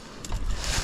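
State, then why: Seated. Fishing line is set into the small plastic bait release clip of a fishing drone, and the clip is closed until it clicks shut. A sharp click is heard at 0.3 s over steady broadband noise. The line is seated and held in the release clip.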